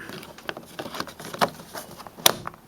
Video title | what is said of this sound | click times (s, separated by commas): Nissan Side Mirror Replacement | and snapping that into | 2.3 s